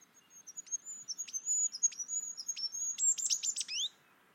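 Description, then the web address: Bird calling in a fast string of high, thin chirps and clicks, ending in a dense burst of sharp notes with a downward slur before going quiet. "cianscape. Deverinetal 2025. Bird Only"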